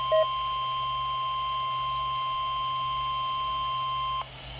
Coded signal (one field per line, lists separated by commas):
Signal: Emergency Alert System (SAME) tones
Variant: 1050 Hz attention tone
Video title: EAS Required Weekly Test NOAA Weather Radio KEC65 and WNG685 Central Minnesota